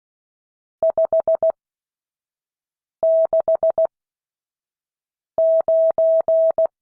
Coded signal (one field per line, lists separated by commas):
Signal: Morse code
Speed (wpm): 16 wpm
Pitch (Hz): 650 Hz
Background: none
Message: 569